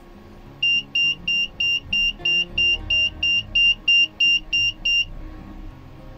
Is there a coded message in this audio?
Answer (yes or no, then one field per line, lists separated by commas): no